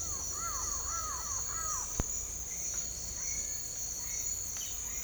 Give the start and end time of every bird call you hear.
0.00s-1.85s: bird call (0.6-2.2 kHz)

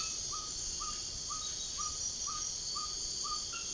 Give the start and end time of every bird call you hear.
0.00s-3.61s: bird call (0.7-1.8 kHz)

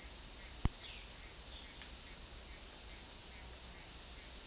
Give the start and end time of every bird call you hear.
0.80s-1.05s: bird call (2.0-4.2 kHz)

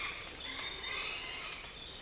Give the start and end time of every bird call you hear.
0.00s-1.51s: bird call (0.2-4.8 kHz)

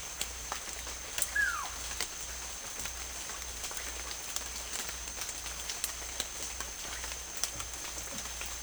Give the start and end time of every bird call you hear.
1.33s-1.66s: bird call (0.6-2.3 kHz)

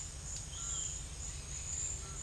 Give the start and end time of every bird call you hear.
0.54s-0.93s: bird call (0.8-4.0 kHz)
1.97s-2.21s: bird call (1.0-3.8 kHz)

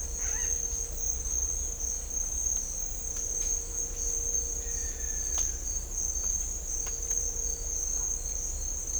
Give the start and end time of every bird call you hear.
0.25s-0.48s: bird call (0.3-5.2 kHz)

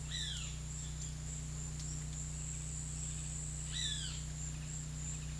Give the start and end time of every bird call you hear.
0.08s-0.56s: bird call (0.8-5.9 kHz)
3.75s-4.19s: bird call (0.9-6.3 kHz)

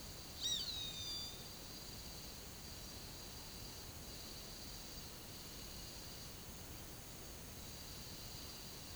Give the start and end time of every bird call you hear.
0.39s-1.47s: bird call (1.9-7.7 kHz)

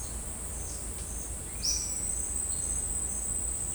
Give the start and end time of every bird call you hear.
1.36s-2.25s: bird call (1.9-6.9 kHz)

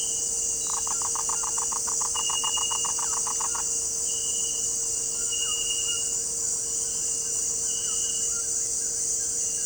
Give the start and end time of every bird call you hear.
0.67s-3.65s: bird call (0.3-2.4 kHz)
5.11s-6.09s: bird call (0.8-1.9 kHz)
7.12s-9.53s: bird call (1.1-2.0 kHz)

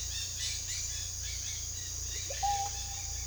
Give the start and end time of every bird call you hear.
0.00s-1.94s: bird call (0.6-6.9 kHz)
2.27s-2.71s: bird call (0.3-1.5 kHz)

